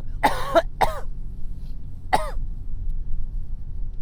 Taking An Inhaler And Coughing While In The Car With My Family.